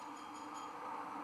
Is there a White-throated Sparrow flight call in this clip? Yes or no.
no